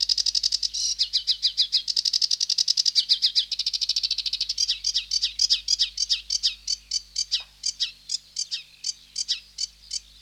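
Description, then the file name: Sedge warbler singing a long, hurried stream of scratchy, churring notes with rapid repeated trills, the rhythm loosening into spaced chattering phrases near the end. "Sedge Warbler (Acrocephalus schoenobaenus)"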